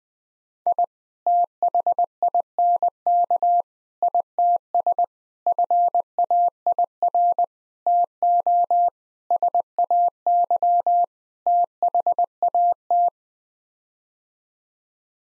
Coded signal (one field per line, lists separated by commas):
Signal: Morse code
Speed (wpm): 20 wpm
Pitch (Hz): 700 Hz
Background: none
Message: I THINK ITS FAIR TO SAY THAT